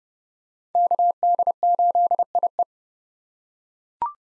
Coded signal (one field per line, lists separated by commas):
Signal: Morse code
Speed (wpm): 30 wpm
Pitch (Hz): 700 Hz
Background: none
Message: KD8IE